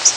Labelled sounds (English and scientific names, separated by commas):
Wilson's Warbler (Cardellina pusilla) flight call